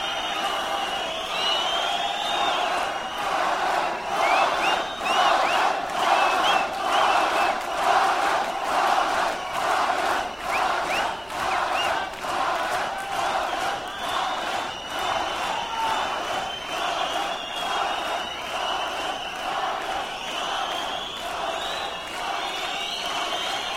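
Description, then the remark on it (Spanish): A large concert crowd chants the band's name over and over after the band has left the stage, loud and rhythmic, with the massed voices pulsing steadily and never letting up. Scattered cheers and whistles rise through the chant. “Luego, mientras nosotros estamos pensando si estos güeyes serán unos mamones y ya se fueron, y mientras esos güeyes se hacen pendejos mientras salen, nosotros gritamos su nombre.”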